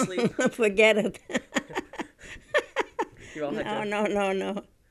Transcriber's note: she laughs